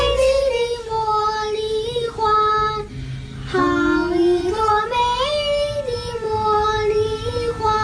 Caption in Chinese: 她呢，在听障儿童当中算是康复的比较顺利的了，不仅能够做到正常的交流，而且唱歌还很好听。 在开嗓的时候在练习，他唱了一段《茉莉花》。 他要好好的利用这双会发电的耳朵来听到更多的善良和温暖。